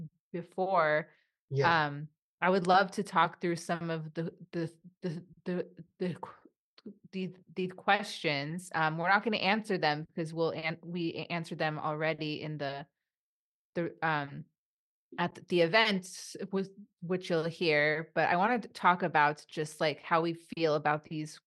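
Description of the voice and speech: A woman's speech has a run of six repeated 'the' syllables, plus prolongations and filled pauses. This is stuttering, heavier than her usual speech.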